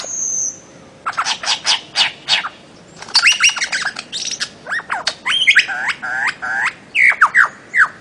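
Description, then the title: Bird-of-paradise singing a long whistle followed by rapid repeated notes, then loud down-slurred whistled calls near the end. Master song recording made for training songbirds. "Kicau Master Cendrawasih"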